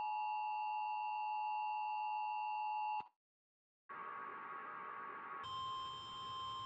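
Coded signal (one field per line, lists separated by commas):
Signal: Emergency Alert System (SAME) tones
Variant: 853 and 960 Hz attention tone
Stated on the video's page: Fictional EAS scenario, analog horror about Earth's magnetic field in permanent flux.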